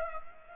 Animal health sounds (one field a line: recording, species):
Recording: mosquito wingbeat signal from an infrared sensor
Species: Culex pipiens